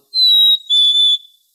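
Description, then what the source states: Black-capped chickadee song: a clear whistled phrase of three notes, a slightly falling first note followed by two steady, slightly lower notes run closely together. Song type called the cheeseburger song because it sounds like saying cheeseburger; one of a couple of different songs.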